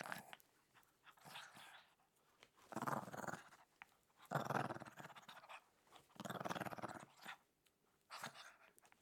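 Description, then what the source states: Dog growling in rough, rumbling bursts lasting about a second each, with short quiet gaps and soft breathy sounds between them. Small dog.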